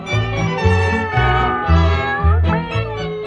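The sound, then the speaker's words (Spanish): Drawn-out, wavering cat meows ring out loudly and continuously over a steady, rhythmic low pulse, with no talking. “Los tejados de París son famosos por albergar gran cantidad de gatos de todas las razas y colores.”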